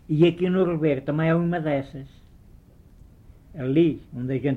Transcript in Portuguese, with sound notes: E aqui no ribeiro também há uma dessas. [pausa] Ali, onde a gente aqui